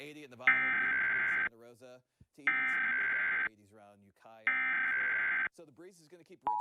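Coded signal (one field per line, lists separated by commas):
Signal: Emergency Alert System (SAME) tones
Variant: header bursts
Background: speech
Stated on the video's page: Seasonal national EAS test tones carried on an AM 770 radio station.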